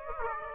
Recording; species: mosquito wingbeat signal from an infrared sensor; Aedes aegypti